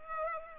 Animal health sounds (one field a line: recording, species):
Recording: mosquito wingbeat signal from an infrared sensor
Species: Culex pipiens